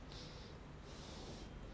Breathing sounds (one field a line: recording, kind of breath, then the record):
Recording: one breath in and out by a microphone near the nose and mouth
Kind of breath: normal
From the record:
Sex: male